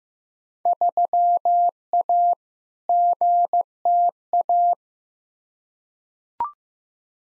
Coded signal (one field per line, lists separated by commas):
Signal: Morse code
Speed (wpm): 15 wpm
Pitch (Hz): 700 Hz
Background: none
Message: 3A GTA